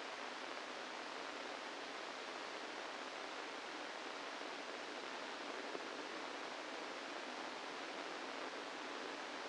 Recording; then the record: brain microelectrode recording played as sound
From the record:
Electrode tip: inside the subthalamic nucleus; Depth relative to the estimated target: -1 mm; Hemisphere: right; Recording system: NeuroSet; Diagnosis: Parkinson's disease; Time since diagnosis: 8 years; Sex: male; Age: 65 years